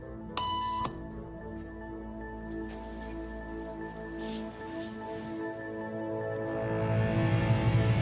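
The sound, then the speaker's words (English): A single short electronic beep tone from a hidden camera conformity experiment sounds early on, bright and buzzy with strong overtones, followed by several seconds of steady low hum and faint background noise that grows slightly louder toward the end. “After just three beeps, and without knowing why she's doing it, this woman is now conforming perfectly to the group.”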